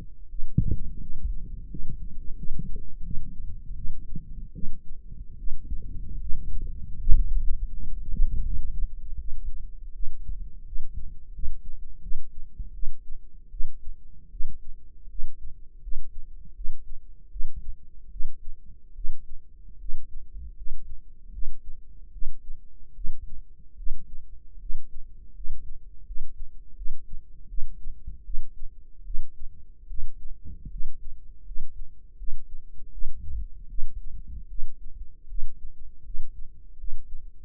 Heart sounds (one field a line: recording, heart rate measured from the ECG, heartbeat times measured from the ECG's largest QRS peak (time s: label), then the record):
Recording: heart sounds by microphone in the right ear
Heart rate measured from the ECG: 79 bpm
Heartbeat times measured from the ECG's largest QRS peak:
0.27 s: heartbeat
0.98 s: heartbeat
1.67 s: heartbeat
2.35 s: heartbeat
3.02 s: heartbeat
3.74 s: heartbeat
4.52 s: heartbeat
5.36 s: heartbeat
6.18 s: heartbeat
6.98 s: heartbeat
7.69 s: heartbeat
8.43 s: heartbeat
9.16 s: heartbeat
9.92 s: heartbeat
10.64 s: heartbeat
11.31 s: heartbeat
12.00 s: heartbeat
12.72 s: heartbeat
13.49 s: heartbeat
14.29 s: heartbeat
15.07 s: heartbeat
15.80 s: heartbeat
16.53 s: heartbeat
17.28 s: heartbeat
18.09 s: heartbeat
18.93 s: heartbeat
19.77 s: heartbeat
20.54 s: heartbeat
21.30 s: heartbeat
22.10 s: heartbeat
22.93 s: heartbeat
23.75 s: heartbeat
24.58 s: heartbeat
25.32 s: heartbeat
26.04 s: heartbeat
26.74 s: heartbeat
27.46 s: heartbeat
28.22 s: heartbeat
29.03 s: heartbeat
29.86 s: heartbeat
30.68 s: heartbeat
31.43 s: heartbeat
32.16 s: heartbeat
32.90 s: heartbeat
33.67 s: heartbeat
34.47 s: heartbeat
35.26 s: heartbeat
36.02 s: heartbeat
36.76 s: heartbeat
From the record:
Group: healthy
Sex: female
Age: 19 years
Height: 163 cm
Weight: 51 kg